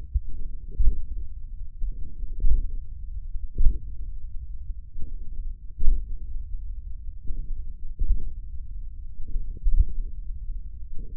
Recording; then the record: forearm muscle sounds (acoustic myography)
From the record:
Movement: hook grip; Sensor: system 1, eight BSWA MPA416 microphones around the upper forearm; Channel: 5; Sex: male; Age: 28 years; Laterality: right